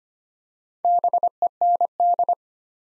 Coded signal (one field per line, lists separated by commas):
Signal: Morse code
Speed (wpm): 25 wpm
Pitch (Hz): 700 Hz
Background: none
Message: BEND